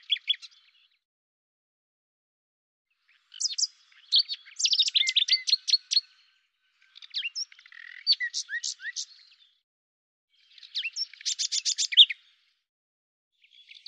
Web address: cianscape birddata Deverinetal 2025 Bird Lu Me